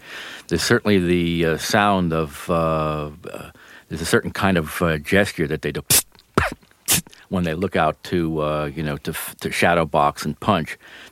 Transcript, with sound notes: There's certainly the sound of -- there's a certain kind of gesture that they do -- (SPITTING SOUND) -- when they look out to, you know, to shadow box and punch.